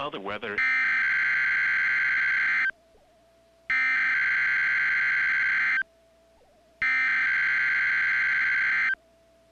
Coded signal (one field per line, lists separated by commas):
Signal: Emergency Alert System (SAME) tones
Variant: header bursts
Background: speech